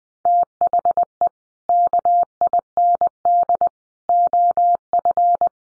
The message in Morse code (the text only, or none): THE KIND OF